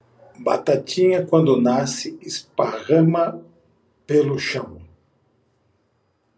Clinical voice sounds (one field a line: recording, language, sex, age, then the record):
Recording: short text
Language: Brazilian Portuguese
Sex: male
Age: 60 to 69 years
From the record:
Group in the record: control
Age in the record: 61 years